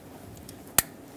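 An ignition coil electrical connector on a 2011-2018 Ram 2500 6.4L V8 is pushed down onto the ignition coil, with a faint tick at 0.5 s before a single sharp snap at 0.8 s. The connector clicks in and is seated, after which the red locking tab is to be locked.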